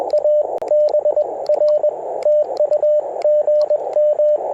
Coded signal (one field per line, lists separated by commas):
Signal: Morse code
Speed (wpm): 21 wpm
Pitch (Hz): 590 Hz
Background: radio noise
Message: ABR TU GM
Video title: Ten-Tec Argonaut V - CW POTA 8/28/23 @ K-4451